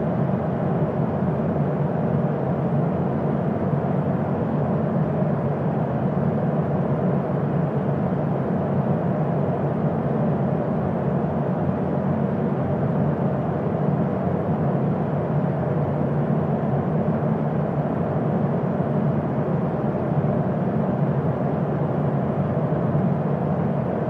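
A fan runs steadily for the whole stretch, a dense, even whoosh with a strong low hum and a softer airy layer above it. Nothing changes in level or pitch, and no separate events stand out over the continuous drone.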